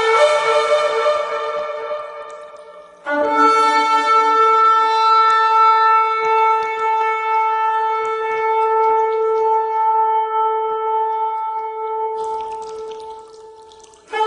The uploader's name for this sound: Shofar Blasts